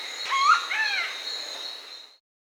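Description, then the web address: Scaly-breasted woodpecker call: two nasal, harmonic-rich notes in quick succession, over a steady high-pitched insect drone that stops shortly before the end. Bolivia. "Natures Songs S America Birds of the Amazon 2. Scaly-breasted Woodpecker (Celeus grammicus), Bolivia"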